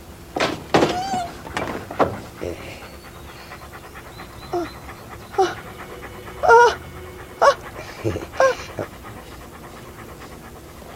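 Dogs pant in quick, breathy bursts, broken by short, high-pitched whimpers and squeaks that come and go in uneven spurts, with no talking.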